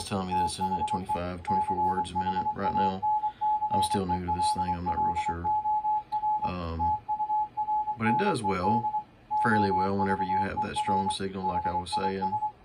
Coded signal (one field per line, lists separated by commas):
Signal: Morse code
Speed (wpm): 23 wpm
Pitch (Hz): 850 Hz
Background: speech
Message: THE CHANCELLOR TURNED OVER HIS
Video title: MFJ-464 CW Keyer/Reader Decoding issue with Icom-7300 and Decoding of W1AW Freq on 40M